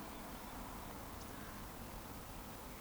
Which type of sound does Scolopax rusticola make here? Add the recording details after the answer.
whistle. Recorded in Baden-Württemberg, Germany, on 13 June 2020 at 19:35 UTC. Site 14569, 102 m above sea level